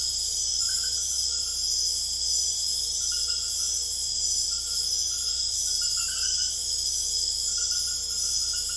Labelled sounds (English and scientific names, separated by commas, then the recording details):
none
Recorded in secondary vegetation near Puerto Asís, Putumayo, Colombia, on 21 December 2024 at 22:00
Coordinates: 0.488, -76.319
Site GP04